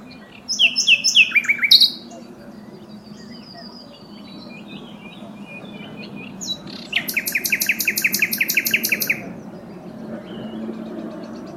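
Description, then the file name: Common nightingale delivering two bursts of rapid, rattling repeated notes separated by a quiet pause, over a low steady hum. "Luscinia megarhynchos"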